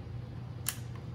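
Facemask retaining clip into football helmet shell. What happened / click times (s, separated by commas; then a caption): The plastic clip snapped home / 0.7 s. A plastic facemask retaining clip is pressed into a football helmet shell until it locks. A sharp click at 0.7 s, followed by a fainter tick at 1.0 s, rises over a steady low hum. The clip is seated and secure.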